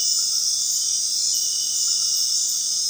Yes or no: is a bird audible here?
no